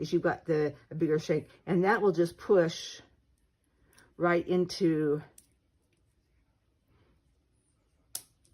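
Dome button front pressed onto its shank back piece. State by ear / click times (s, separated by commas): seated / 8.1 s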